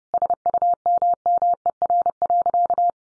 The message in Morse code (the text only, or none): SUMMER.